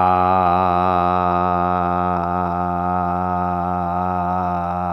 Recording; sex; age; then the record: sustained vowel /a/; male; 60 to 69 years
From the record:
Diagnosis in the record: healthy control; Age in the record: 60 years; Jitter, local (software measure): 0.49%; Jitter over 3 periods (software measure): 0.21%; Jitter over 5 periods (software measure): 0.28%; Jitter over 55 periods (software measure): 1.18%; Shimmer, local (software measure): 4.7%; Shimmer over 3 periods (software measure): 2.5%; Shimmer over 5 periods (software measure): 3.1%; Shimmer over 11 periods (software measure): 3.6%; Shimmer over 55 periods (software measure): 5.4%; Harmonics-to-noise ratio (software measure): 4.8 dB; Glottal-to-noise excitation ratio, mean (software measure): 0.95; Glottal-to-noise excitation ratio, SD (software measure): 0.022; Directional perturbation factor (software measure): 54.2%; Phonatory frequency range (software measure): 0.13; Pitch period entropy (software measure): 1.22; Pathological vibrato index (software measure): 0.47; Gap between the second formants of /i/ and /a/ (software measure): 1213 Hz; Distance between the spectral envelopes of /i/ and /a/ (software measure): 9.9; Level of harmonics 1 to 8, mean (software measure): -12.3, -8.5, -17.6, -14.8, -21.9, -18.2, -14.6, -5.3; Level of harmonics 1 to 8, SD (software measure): 0.9, 0.7, 2.7, 3.0, 6.4, 3.1, 3.8, 2.0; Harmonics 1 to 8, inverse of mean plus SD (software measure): 0.076, 0.109, 0.049, 0.056, 0.035, 0.047, 0.054, 0.137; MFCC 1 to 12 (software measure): 1.5, -13.2, -4.9, 7.3, 5.6, -5.4, 2.7, -5.3, -14.0, 6.3, 0.7, 1.2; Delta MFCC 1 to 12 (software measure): 0.007, 0.001, 0.003, 0.007, -0.001, 0.008, -0.002, -0.001, -0.015, 0.008, -0.011, 0.006